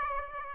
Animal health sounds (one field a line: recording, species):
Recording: mosquito wingbeat signal from an infrared sensor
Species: Aedes aegypti